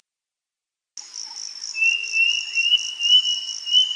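Bird call: one long, thin whistled note rising slightly, held for about two seconds over a steady, pulsing high insect trill.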